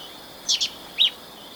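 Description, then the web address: Olive-chested flycatcher calls: two quick notes followed by a single slightly lower note. Ecuador. "Birds of Ecuador Olive-chested Flycatcher"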